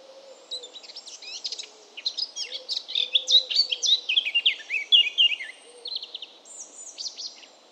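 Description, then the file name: Eurasian blackcap song, a dense, hurried warble of high scratchy notes mixed with clear whistles, swelling in the middle and fading at the end. "baratposzata hangja"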